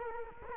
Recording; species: mosquito wingbeat signal from an infrared sensor; Culex quinquefasciatus